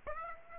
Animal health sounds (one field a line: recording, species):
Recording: mosquito wingbeat signal from an infrared sensor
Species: Aedes aegypti